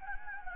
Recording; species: mosquito wingbeat signal from an infrared sensor; Anopheles gambiae